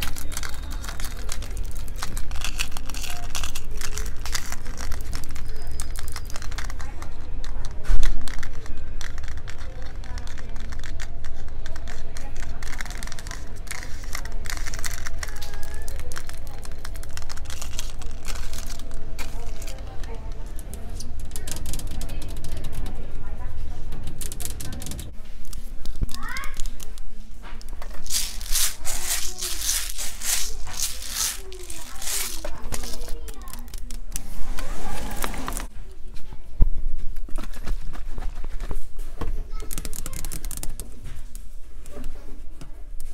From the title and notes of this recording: ASMR at the MALL (PUBLIC ASMR).